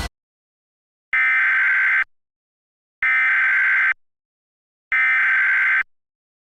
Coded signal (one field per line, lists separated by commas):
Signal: Emergency Alert System (SAME) tones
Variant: header bursts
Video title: EAS Recreation (12/13/12): Multi-Vehicle-Accident